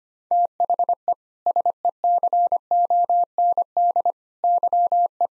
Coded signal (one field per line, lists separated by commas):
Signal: Morse code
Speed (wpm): 25 wpm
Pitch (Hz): 700 Hz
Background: none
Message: THE SECOND YE